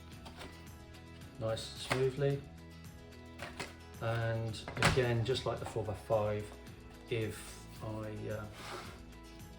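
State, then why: Not seated. Someone talks over background music while handling the magnetic back of a 3D-printed 8x10 wet plate holder, getting ready to put it on. The back has not yet clicked into place by the end of the clip.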